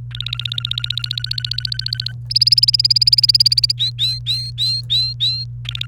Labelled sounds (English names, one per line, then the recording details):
Domestic Canary song
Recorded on 29 April 2018 at 12:58
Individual llb3